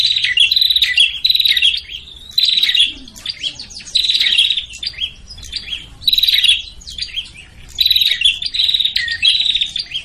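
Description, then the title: Prinia calls: repeated loud buzzy, scratchy bursts in short series, separated by brief pauses with thin chirps. Noisy prinia calls used to lure prinias, including Prenjak Kepala Merah (red-headed) and Prenjak Tamu. "Suara Prenjak Ribut Buat Pikat Burung Prenjak Kepala Merah Prenjak Tamu"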